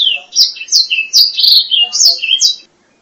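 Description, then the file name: Black-throated laughingthrush song, a rapid run of loud whistled and warbled notes jumping between pitches for under three seconds, then silence. "suara kicauan burung blacksang. omkicau"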